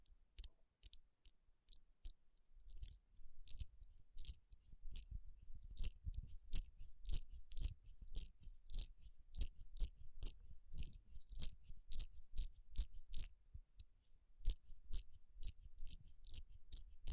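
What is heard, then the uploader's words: Tapping and rubbing on rhinestone-covered palms: a quick run of crisp, sharp clicks with bright glittery edges and soft low thumps beneath. The taps start sparse and evenly spaced, then grow denser and more irregular after a few seconds, with brief scratchy crunching between them. Tapping & Rubbing Rhinestone Covered Palms.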